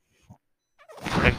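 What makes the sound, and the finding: Mechanical ventilator. Mechanical ventilator noise.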